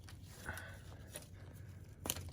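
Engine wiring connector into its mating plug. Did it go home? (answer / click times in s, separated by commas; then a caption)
no / none. An old plastic engine wiring connector in a Miata engine bay is pushed back into its mating plug, making soft plastic handling noises and a few short taps, the sharpest near the end. The old connector no longer clicks into place, and nothing has clicked or seated.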